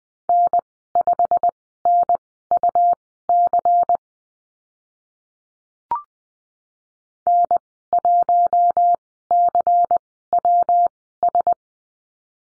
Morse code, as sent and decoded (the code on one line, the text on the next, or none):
-. ..... -. ..- -.-. / -. .---- -.-. .-- ...
N5NUC N1CWS